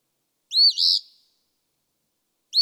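Eastern phoebe song, one raspy two-part phrase followed by silence, with another phrase starting at the end.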